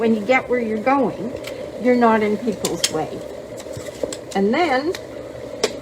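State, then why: Seated. A folding cane segment is pushed into its adjoining segment while a collapsible white cane is assembled, with someone talking throughout. The sections snap together with a single sharp hit at 5.6 s, and the cane is seated.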